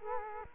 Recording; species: mosquito wingbeat signal from an infrared sensor; Culex quinquefasciatus